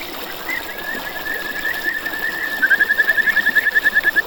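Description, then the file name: Kajika frog giving a softer run of notes that gives way to a louder, fast, regular train of clear pulsed notes, with a faint hiss behind. "buergeri"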